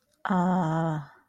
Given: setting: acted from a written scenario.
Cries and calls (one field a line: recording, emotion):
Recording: vocal sound without words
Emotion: confusion